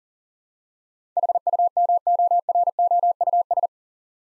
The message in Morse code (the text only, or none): HUMOROUS